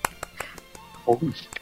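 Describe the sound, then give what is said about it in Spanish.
A handful of sharp, evenly spaced claps from what sounds like a single pair of hands, briefly interrupted by a short voiced exclamation before two final claps. “¡Aplausos!”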